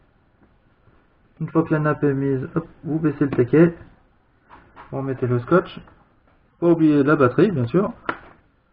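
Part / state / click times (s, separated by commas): battery connector into tablet mainboard socket / not seated / none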